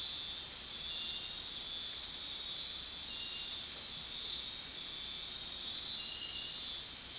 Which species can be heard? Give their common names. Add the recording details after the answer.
none. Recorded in dense forest near Puerto Asís, Putumayo, Colombia, on 18 February 2024 at 02:00. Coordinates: 0.499, -76.324. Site G6469